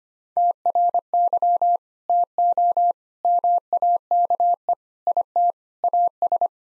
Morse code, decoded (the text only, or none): TRY TO MAKE IT AS